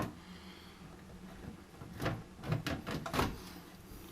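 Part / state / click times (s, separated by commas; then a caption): bidet toilet seat onto its mounting plate / not seated / none. A BioBidet BB-800 bidet toilet seat is slid onto its loosely attached mounting plate on a toilet, making soft scraping and sliding sounds with a few sharp knocks between about 2.0 and 3.3 seconds. The seat has not clicked or latched onto the plate yet and must be brought further forward to latch.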